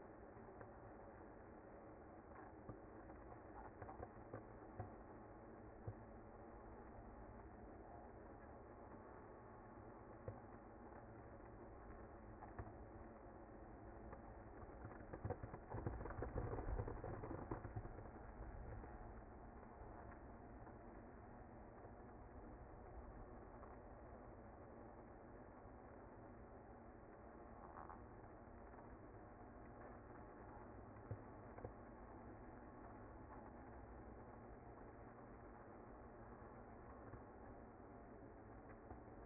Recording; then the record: honeybee colony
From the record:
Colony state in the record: active